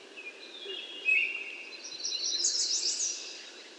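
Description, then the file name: American yellow warbler song: one quick, high phrase late on, after a thinner, lower whistled note, with steady hiss throughout. "American Yellow Warbler Setophaga aestiva"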